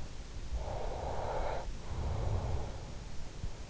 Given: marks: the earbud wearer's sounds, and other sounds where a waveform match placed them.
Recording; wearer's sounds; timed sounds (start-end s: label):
sounds in sleep by an in-ear microphone; breath
0.32-3.06 s: breath